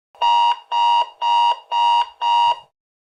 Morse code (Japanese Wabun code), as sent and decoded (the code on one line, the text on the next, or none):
none